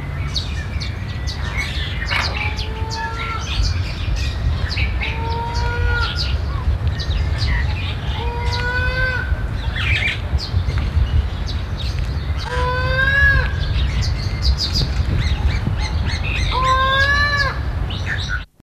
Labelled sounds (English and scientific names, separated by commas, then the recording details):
Satyr Tragopan (Tragopan satyra) call
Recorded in captivity
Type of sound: call
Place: Zoo Hannover, Niedersachsen, DE
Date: 1970-04-22
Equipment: Halbspur, 9,5 cm/s
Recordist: Lütgens, Hans
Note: Rufe